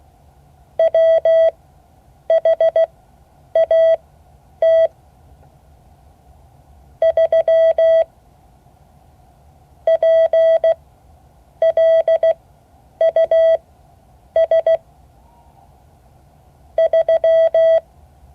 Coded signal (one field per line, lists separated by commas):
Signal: Morse code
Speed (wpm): 16 wpm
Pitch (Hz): 650 Hz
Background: none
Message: WHAT 3 PLUS 3